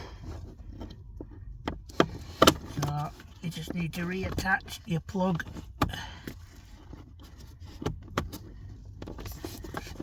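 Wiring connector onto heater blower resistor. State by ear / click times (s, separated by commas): seated / 8.2 s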